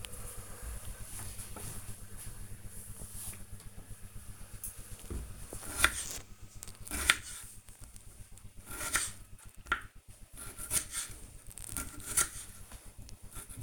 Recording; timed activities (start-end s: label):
household activities, microphone on the right wrist
3.06-13.63 s: cutting vegetables